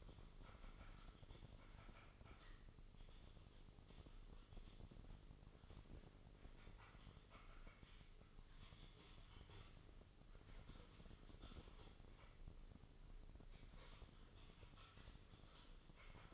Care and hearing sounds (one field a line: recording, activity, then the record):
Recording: daily activity, microphone in the room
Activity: typing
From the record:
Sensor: 4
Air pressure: 996.0 hPa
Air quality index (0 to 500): 64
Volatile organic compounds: 2 ppm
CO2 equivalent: 1142 ppm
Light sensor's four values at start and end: 14/38/14/14 and 14/38/14/14